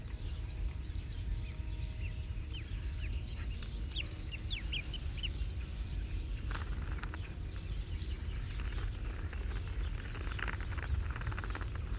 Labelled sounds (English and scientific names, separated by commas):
Alpine Swift (Tachymarptis melba) call